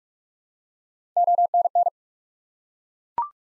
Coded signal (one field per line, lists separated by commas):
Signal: Morse code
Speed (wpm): 42 wpm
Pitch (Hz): 700 Hz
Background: none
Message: ONN